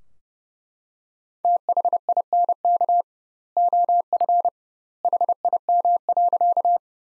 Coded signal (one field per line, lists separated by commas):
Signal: Morse code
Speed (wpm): 30 wpm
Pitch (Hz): 700 Hz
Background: none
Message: THINK OF HIM.